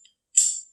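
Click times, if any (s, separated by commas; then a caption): 0.4 s. During reassembly of a Kimber Ultra Carry II pistol, the steel barrel is slid back into the slide. A faint tick comes at 0.1 s, then a sharp, bright metallic click at 0.4 s with a short, jangly high-pitched ring that fades by about 0.7 s. The barrel seats into the slide notches.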